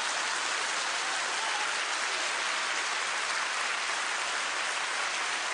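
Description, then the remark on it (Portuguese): Sustained applause from a large church audience applauding the Lord during a worship service, a dense, steady wash of clapping with no breaks or individual claps standing out, and no voices heard over it. “Vamos aplaudir o Senhor, o melhor aplauso. Pode aplaudir.”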